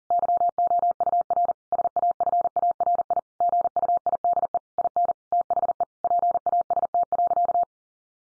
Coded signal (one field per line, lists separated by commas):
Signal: Morse code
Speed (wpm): 40 wpm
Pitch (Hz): 700 Hz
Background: none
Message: YOUR SAFARI GUIDE IN THE PAST.